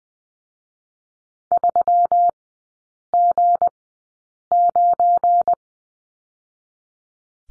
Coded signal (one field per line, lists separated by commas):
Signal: Morse code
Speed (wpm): 20 wpm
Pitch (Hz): 700 Hz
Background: none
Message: 3G9